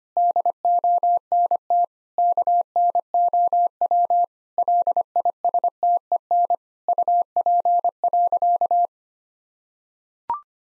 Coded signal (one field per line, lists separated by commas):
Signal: Morse code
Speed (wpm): 25 wpm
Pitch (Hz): 700 Hz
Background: none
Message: DONT KNOW LISTEN UP.